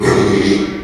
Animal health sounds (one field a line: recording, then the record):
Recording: squeal of a Yucatan mini pig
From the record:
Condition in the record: after surgery on the right vocal fold (resection and tissue-engineered implant)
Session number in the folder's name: 2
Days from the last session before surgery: 13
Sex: male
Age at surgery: 12 weeks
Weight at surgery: 13 kg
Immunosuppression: cyclosporine, prednisolone